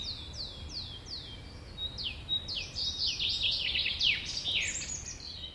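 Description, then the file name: Common chaffinch song, a few slow downslurred notes accelerating into a dense trill and finishing with a loud descending flourish, over a low rumbling background. "Fringilla coelebs"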